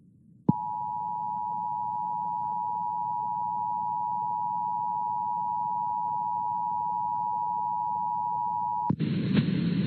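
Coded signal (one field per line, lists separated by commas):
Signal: Emergency Alert System (SAME) tones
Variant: 853 and 960 Hz attention tone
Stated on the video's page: Fictional custom scenario, nothing real.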